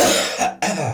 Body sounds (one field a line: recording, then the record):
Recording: coughing mixed with background sound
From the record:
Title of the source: Cough Around the Clock!